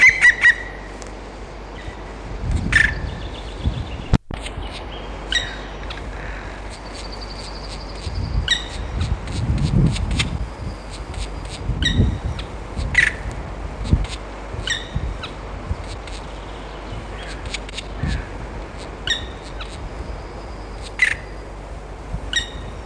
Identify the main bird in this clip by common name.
Black Woodpecker